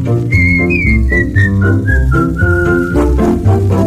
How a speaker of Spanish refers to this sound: Silbemos todos juntos esta alegre melodía.